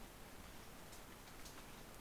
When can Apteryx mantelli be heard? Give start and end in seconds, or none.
none